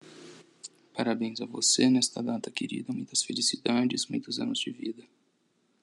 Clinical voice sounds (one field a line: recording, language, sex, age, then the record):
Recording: short text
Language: Brazilian Portuguese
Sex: male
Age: 30 to 39 years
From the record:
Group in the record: control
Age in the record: 37 years